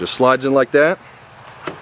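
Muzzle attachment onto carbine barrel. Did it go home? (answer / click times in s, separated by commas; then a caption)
yes / 1.7 s. A mock suppressor muzzle attachment is slid onto the barrel of a JG 614 airsoft carbine while someone talks, then pushed down and turned to the right. After a quiet stretch, a short sharp click at 1.7 s marks it twist-locking and seating onto the barrel.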